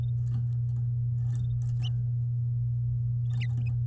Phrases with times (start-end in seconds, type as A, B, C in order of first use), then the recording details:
1.91-1.92 A. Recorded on 10 May 2018 at 12:00. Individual llb16